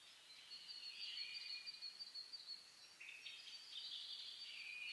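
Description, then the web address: Bird: faint dawn chorus of birds, a steady wash of high twittering and whistled notes over a soft background hiss. Dawn chorus (reimei) of birdsong (saezuri) recorded on 10 May 2010. "reimei -saezuri-20100510"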